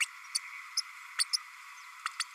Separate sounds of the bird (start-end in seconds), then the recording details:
0.00-0.05, 0.34-0.38, 0.77-0.81, 1.18-1.24, 1.33-1.37, 2.05-2.08, 2.19-2.23. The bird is a male. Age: 30 days. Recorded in a nest box in Venezuela. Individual 17B32A6